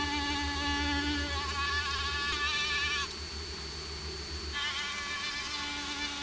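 Mosquito whine as an unbroken, layered, wavering buzz that thins briefly in the middle and then returns at full strength.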